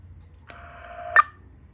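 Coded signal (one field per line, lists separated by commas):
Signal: radio ID data burst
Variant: MDC-1200, Motorola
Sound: steady low hum with hiss, then a very short warbling data chirp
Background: radio hiss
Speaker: that little packet of data at the end that's how it's set up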